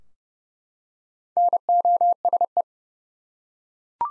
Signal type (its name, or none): Morse code